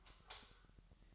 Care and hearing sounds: daily activity, microphone in the room; light off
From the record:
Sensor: 3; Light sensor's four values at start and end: 13/36/15/14 and 13/36/15/14

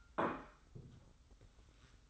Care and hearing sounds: daily activity, microphone in the room; place plate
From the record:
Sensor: 3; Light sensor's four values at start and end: 35/82/33/31 and 26/59/25/23

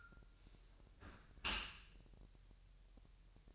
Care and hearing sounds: daily activity, microphone in the room; close dishwasher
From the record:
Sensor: 2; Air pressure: 1000.6 hPa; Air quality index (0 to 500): 248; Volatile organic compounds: 95 ppm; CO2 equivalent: 3723 ppm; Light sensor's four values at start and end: 9/22/9/9 and 9/22/9/9

